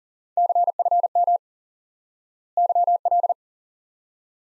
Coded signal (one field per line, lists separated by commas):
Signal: Morse code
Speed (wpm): 40 wpm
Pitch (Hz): 700 Hz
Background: none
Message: CFM YL